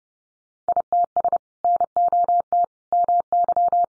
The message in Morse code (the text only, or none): ITS NOT MY